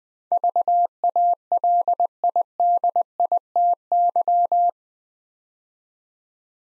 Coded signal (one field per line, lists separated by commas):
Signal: Morse code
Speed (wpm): 20 wpm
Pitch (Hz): 700 Hz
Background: none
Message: VALIDITY